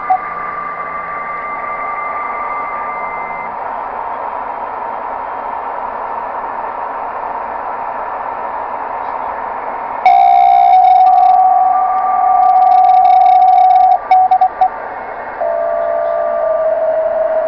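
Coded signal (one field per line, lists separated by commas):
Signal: PSK63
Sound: radio hiss, then a steady warbling narrow tone near 700 Hz with short dropouts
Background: radio static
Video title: Tecsun PL 660: Decoding PSK63 on 21.070 LZ1KAA Radio Club, Bulgaria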